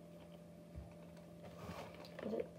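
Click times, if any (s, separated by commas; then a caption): none. A plastic piece of a Roblox museum heist toy set is pressed back onto the playset after it came off, with soft handling and rubbing noises and a brief sharper sound near 2.0 s. Someone talks briefly. The piece does not snap on, so nothing has seated or clicked yet.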